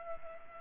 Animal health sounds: mosquito wingbeat signal from an infrared sensor; Culex pipiens

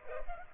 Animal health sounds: mosquito wingbeat signal from an infrared sensor; Culex pipiens

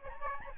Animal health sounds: mosquito wingbeat signal from an infrared sensor; Aedes albopictus

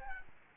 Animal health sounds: mosquito wingbeat signal from an infrared sensor; Aedes albopictus

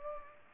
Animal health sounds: mosquito wingbeat signal from an infrared sensor; Culex pipiens

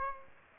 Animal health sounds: mosquito wingbeat signal from an infrared sensor; Aedes aegypti

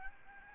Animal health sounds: mosquito wingbeat signal from an infrared sensor; Aedes albopictus

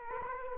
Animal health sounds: mosquito wingbeat signal from an infrared sensor; Culex quinquefasciatus

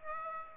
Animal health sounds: mosquito wingbeat signal from an infrared sensor; Aedes aegypti

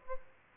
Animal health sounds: mosquito wingbeat signal from an infrared sensor; Aedes albopictus

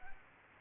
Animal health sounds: mosquito wingbeat signal from an infrared sensor; Culex quinquefasciatus

